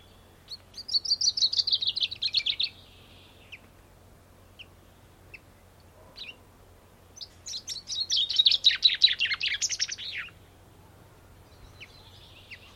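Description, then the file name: Common chaffinch singing two fast descending trills that close with a flourish. The second phrase is longer and louder, and a few soft chirps come from other birds in the background. "Fringilla coelebs"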